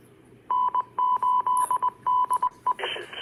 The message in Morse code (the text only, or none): N8DE